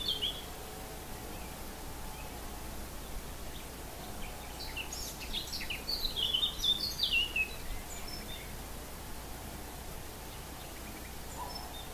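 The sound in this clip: Animal calls: a short run of thin, high chirps in the middle, dropping in pitch, against a continuous hum and hiss.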